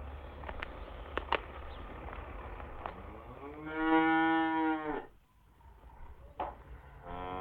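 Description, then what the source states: Cattle calling: a few sharp clicks and knocks, then a strong drawn-out moo in the middle and the start of another moo at the very end. Farmyard with cows, calves and heifers.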